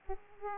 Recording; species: mosquito wingbeat signal from an infrared sensor; Aedes aegypti